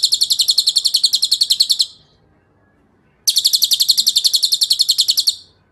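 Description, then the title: Bird trill: two harsh, fast-pulsed high rattles of roughly two seconds each, with a pause of over a second between them. Masteran sound used to train songbirds. "Suara masteran Burung"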